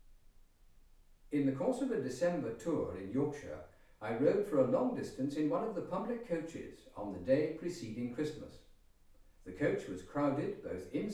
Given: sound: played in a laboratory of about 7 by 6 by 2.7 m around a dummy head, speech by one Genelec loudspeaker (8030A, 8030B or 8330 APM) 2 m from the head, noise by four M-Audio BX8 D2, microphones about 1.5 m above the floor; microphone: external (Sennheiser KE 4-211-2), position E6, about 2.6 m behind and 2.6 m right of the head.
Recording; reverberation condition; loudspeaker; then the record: male speech in English; medium; 30 degrees to the left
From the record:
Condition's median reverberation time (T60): about 510 ms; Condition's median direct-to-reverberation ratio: about -0.5 dB